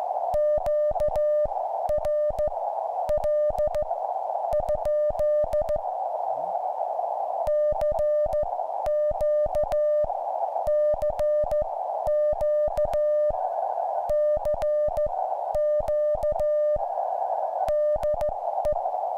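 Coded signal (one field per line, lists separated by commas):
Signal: Morse code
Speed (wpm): 14 wpm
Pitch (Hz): 600 Hz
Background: none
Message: QRL? CQ CQ CQ DE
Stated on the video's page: Kit-built QRP Labs QCX-mini 5W 40m CW transceiver keyed with a straight key, on the air.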